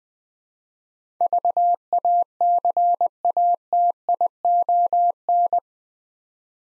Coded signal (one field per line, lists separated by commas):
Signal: Morse code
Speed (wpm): 20 wpm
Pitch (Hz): 700 Hz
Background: none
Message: VACATION